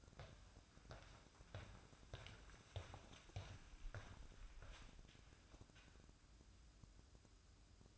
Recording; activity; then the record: daily activity, microphone in the room; walk to room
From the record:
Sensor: 2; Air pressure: 1008.1 hPa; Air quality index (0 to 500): 117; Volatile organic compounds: 1 ppm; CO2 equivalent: 869 ppm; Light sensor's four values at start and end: 9/22/9/9 and 10/23/10/10